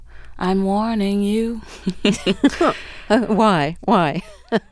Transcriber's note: laughter